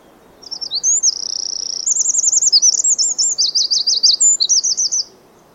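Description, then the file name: Eurasian wren singing a shrill, fast phrase of piercing notes, a steady buzzing trill, then rippling zigzag trills, ending abruptly after about four and a half seconds. "Troglodytes troglodytes"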